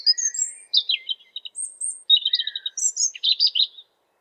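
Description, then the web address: European robin singing a continuous varied phrase of high thin whistles, falling slurs and fast twittering trills, the pitch jumping up and down throughout. "geluiden roodborst zang"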